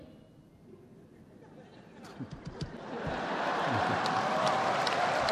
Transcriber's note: laughter